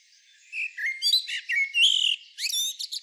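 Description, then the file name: Common blackbird song: fluty, warbled whistles around mid pitch broken by higher squeaky twittering notes, several short phrases in quick succession. "Turdus merula"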